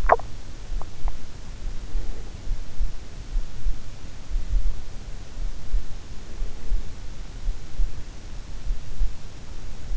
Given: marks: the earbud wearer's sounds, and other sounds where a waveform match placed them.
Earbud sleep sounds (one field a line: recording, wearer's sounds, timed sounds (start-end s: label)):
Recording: sounds in sleep by an in-ear microphone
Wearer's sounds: swallowing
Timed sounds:
0.00-0.90 s: swallowing